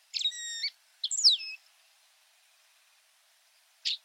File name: Canto da loica de sobrancelha branca